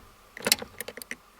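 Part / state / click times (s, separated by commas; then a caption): wiring harness connector unlatching from its mating connector / released / 0.5 s. The small locking button on a plastic wiring connector in the shift-lock harness of a 240SX during a 5-speed swap is pressed, giving a sharp little click at 0.5 s among a short cluster of light plastic ticks. More faint clicks and rattles follow between 0.8 and 1.1 s, and the connector unlatches from its mating connector so it can be pulled apart.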